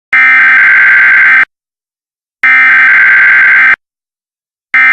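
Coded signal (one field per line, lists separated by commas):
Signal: Emergency Alert System (SAME) tones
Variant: header bursts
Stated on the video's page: Fictional edited EAS alert of a North Korean nuclear attack.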